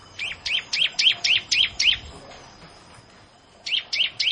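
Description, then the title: Bar-winged prinia song: a quick run of about seven sharp, high chipping notes, a pause, then three more of the same notes. "Ciblek Sawah"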